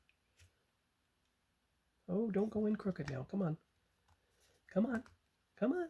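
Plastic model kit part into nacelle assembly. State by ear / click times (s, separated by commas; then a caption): not seated / none. A plastic model kit part is being lined up and coaxed into the nacelle before being pushed home, with concern that it is going in crooked. A faint tick sounds at 0.1 s, then someone talks through most of the rest of the clip, with soft handling noises between. Nothing has seated or clicked yet.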